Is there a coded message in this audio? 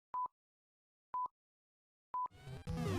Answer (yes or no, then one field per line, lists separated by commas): no